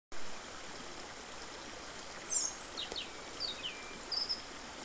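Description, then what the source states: Songbird chirps, brief high sharp notes in a few quick bursts, set against a constant hiss of running stream water. Morning songbirds beside the Črnomerečki potok stream, Zagreb, 25 February 2024.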